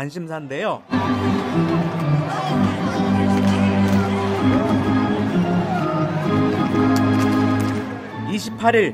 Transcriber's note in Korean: 녹취: 야구경기 현장음